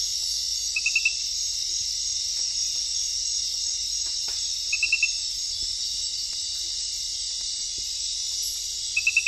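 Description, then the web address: Glass frog calls: short bursts of four or five rapid, high clicking pips, repeated every few seconds over a steady loud insect drone. Ecuadorian Amazon; unidentified centrolenid species 5. "Natures Songs S America Frogs of Ecuadorian Amazon centrolenid sp 5"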